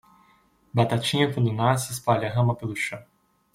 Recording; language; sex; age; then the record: short text; Brazilian Portuguese; male; 30 to 39 years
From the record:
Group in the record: control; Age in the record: 38 years